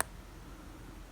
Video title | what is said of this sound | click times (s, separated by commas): N scale Kato SD40-2 Snoot conversion to DCC and sound | only go one way so that's not too hard either it should snap into place | 0.0 s